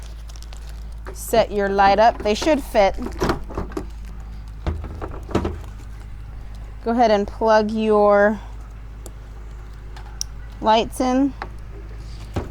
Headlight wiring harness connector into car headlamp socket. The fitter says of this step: should hear it snap